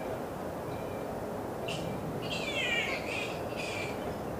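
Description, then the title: Flying foxes make harsh, wavering screeches with a grating, buzzy edge in a burst of several calls, set against continuous traffic rumble. Flying fox colony at Carrington Mangroves just before dusk, with traffic. "Carrington Mangroves. Bat colony just before dusk"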